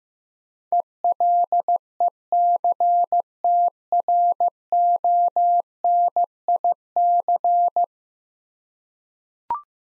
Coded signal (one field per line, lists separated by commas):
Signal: Morse code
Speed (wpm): 15 wpm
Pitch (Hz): 700 Hz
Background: none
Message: ELECTRONIC